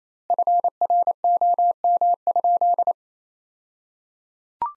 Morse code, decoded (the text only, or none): FROM?